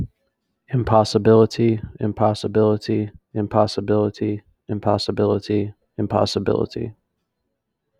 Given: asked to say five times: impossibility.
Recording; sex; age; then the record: repeated word; male; 20 to 29 years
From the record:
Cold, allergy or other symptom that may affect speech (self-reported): no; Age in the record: 27 years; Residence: Ohio, United States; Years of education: 15